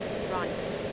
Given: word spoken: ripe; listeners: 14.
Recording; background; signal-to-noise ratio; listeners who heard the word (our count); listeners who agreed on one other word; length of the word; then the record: one English word in noise, from a listening test; speech-shaped noise; -4.7 dB; 2 of 14; 6 of 14; 0.52 s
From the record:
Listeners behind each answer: 6, 4, 2, 1, 1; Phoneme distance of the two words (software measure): 10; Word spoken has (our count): 1 syllable, 3 phonemes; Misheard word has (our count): 1 syllable, 3 phonemes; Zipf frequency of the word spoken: 3.70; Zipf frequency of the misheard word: 6.36